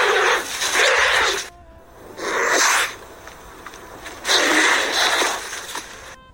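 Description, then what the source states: Turkey vulture hissing: three harsh, breathy bursts, each lasting from under a second to about a second and a half, separated by short quiet pauses. Adult turkey vulture.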